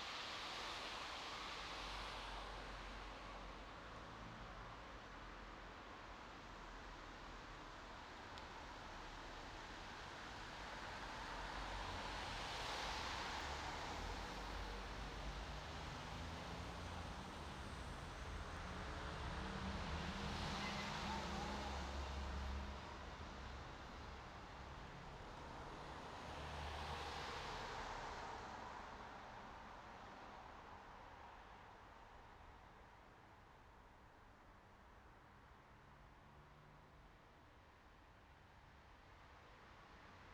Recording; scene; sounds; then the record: everyday scene through a hearing-aid microphone; in traffic; traffic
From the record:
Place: bus stop on a city main road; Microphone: in the ear canal, right